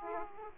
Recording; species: mosquito wingbeat signal from an infrared sensor; Aedes aegypti